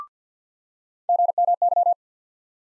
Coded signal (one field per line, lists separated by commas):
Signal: Morse code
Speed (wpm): 50 wpm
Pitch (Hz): 700 Hz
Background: none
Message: GMY